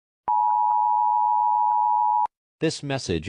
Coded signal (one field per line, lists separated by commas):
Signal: Emergency Alert System (SAME) tones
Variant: 853 and 960 Hz attention tone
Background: speech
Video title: Eas mock: Sarah and duck